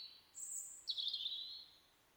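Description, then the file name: European robin song: high thin notes followed by a bright, rapid, warbled phrase that fades out. "Erithacus rubecula"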